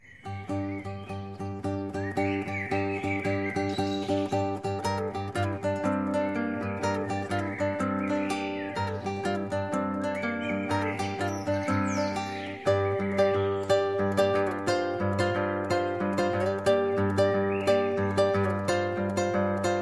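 A song by a singer-songwriter from Curicó plays an instrumental passage steadily, with sustained layered tones and a pulsing low end. Bird-like whistling glides flutter over the top, and the music grows slightly fuller partway through.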